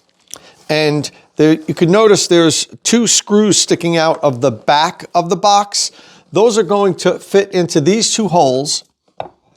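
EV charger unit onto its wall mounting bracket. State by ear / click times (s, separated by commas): not seated / none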